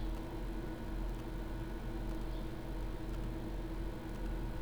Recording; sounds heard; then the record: poultry house recording; no chicken sound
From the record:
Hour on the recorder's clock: 12